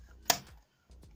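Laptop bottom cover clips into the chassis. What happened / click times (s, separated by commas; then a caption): The plastic cover clip snapped home / 0.3 s. A plastic laptop bottom cover is pressed again into the chassis, and a sharp click at 0.3 s shows its back panel clips snapping home. A few faint ticks follow, with a brief silence near 0.7–0.9 s. The clips are confirmed seated.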